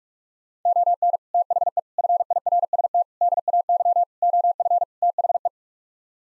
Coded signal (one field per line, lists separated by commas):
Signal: Morse code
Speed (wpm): 46 wpm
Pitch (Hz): 700 Hz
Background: none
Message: ON THE FIRST DAY OF THE